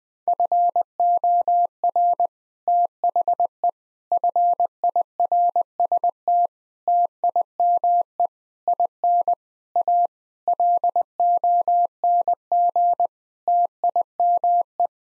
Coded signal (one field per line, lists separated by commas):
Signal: Morse code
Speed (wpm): 21 wpm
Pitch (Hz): 700 Hz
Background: none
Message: FOR THE FIRST TIME IN A LONG TIME